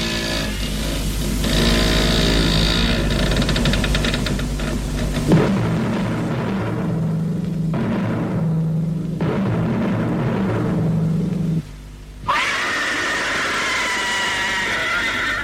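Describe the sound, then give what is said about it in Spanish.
A horror theme, the opening theme of 'Es usted un asesino', with a shrill, drawn-out scream rising over stormy rumbling and rain. The piercing cry dominates the opening and returns near the end, with a darker, quieter stretch between. “Bueno, con ese alarido, desde luego, si hay alguien que estaba a punto de despertarse, seguro que lo ha hecho.”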